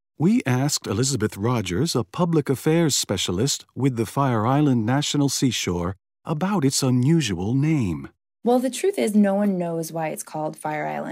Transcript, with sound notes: We asked Elizabeth Rogers, a public affairs specialist with the Fire Island National Seashore, about its unusual name: (standard American accent) Well, the truth is no one knows why it’s called Fire Island.